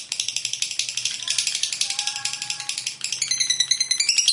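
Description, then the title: Lovebird chattering: a long, fast rattling trill of shrill notes, with brief thin whistled tones woven through it. "Suara Lovebird Ini"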